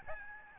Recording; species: mosquito wingbeat signal from an infrared sensor; Aedes albopictus